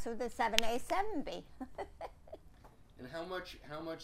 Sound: chuckles

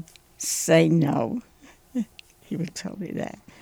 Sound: chuckles

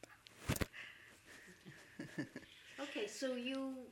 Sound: she laughs

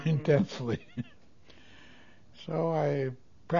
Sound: he laughs

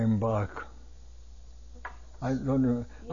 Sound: single knocking sound

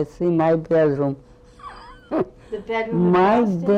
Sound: chuckles

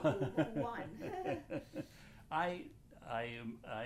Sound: chuckles

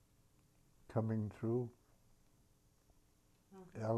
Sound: none

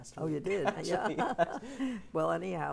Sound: they laugh

